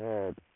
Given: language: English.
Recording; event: throat vibration sensor signal played as sound; speech